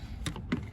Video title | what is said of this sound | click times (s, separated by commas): How to install Amp Wiring Nissan Xterra | and it just snaps right in place okay using these plastic tabs but I'm | 0.3 s, 0.5 s